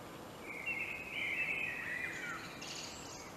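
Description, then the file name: Common blackbird singing a mellow, fluted warble that slides into a thin, high twittering flourish at the end of the phrase, over a steady background hiss. "Turdus merula"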